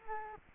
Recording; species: mosquito wingbeat signal from an infrared sensor; Culex quinquefasciatus